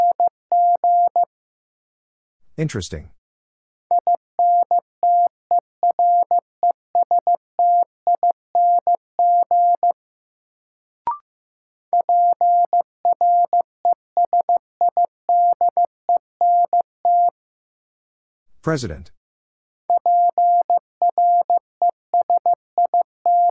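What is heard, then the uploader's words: A single steady mid-pitched tone keys on and off in rapid Morse code dots and dashes, sending a word in several runs separated by short pauses. Two brief sweeping chirps break in around 3 and 19 seconds, and a sharp click sounds near 11 seconds. Sentences from Top 1000 Words - New Word Drill - 15wpm. First, the word is sent in Morse code.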